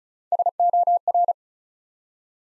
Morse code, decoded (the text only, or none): SOR